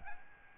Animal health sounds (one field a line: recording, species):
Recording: mosquito wingbeat signal from an infrared sensor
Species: Aedes albopictus